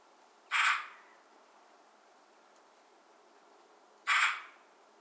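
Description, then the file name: Eurasian magpie giving single harsh, rasping chack notes, two short noisy bursts about three and a half seconds apart, in a quiet background. "Pica pica"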